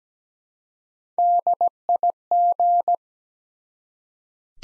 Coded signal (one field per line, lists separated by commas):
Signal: Morse code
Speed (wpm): 17 wpm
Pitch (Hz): 700 Hz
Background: none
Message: DIG